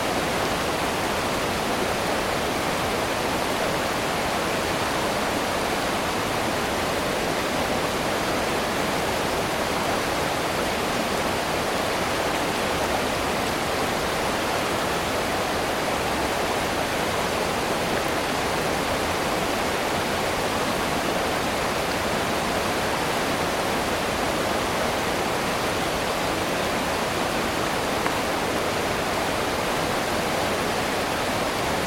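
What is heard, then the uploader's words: A rushing river pours through white water rapids in a steady, dense roar, bright and unchanging from start to finish. White Water Rapids: Rushing Water White Noise. The sound of a rushing river.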